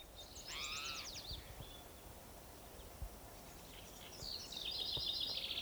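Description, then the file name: Spotted Towhee giving one harsh, slurred cry near the start, followed later by a thin buzzy trill over steady outdoor noise. Individual number 7 giving cries; 27 June 2006, Gibson Jack Creek, Bannock County, Idaho. "Cicero 27 Jun 2006 Pmaculatus"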